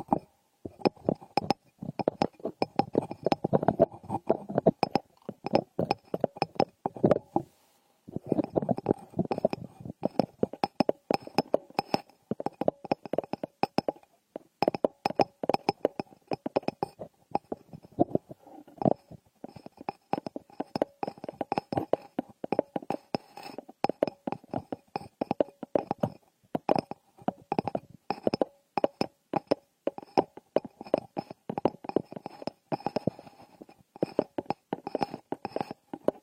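Ear picking on a frosted bath ball makes dense, rapid scratchy crackles in uneven bursts with brief pauses near eight and fifteen seconds.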